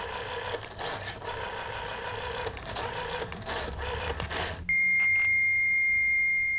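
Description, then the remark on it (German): Modem handshake tones as a computer connects to a mailbox system by telephone, the handset pressed into an acoustic coupler: several seconds of harsh, warbling, hissing data noise, then an abrupt switch to a loud, steady high-pitched whistle that holds to the end. “Das vertraute Mailbox-Fiepen.”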